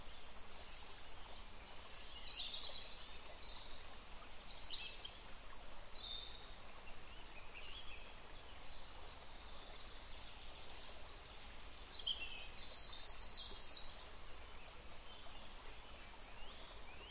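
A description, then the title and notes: A forest scene with a steady, dense wash of flowing river water and a soft breeze filling the whole 17 seconds at an even level. Birds chirp and trill high above it throughout, busiest early on and again around twelve to fourteen seconds. Forest with river and bird sounds. Gentle breeze, river and birds.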